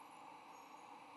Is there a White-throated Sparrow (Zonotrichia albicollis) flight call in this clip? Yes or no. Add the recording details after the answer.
no. No flight call is heard. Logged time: 11:08 on 8 November 2014